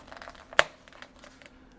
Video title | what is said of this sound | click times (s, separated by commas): VEVOR Milk Tea Shaker, Electric Double Frame, Bubble Tea Boba Tea Machine for Consistency in Shaking | Till you hear it click. | 0.6 s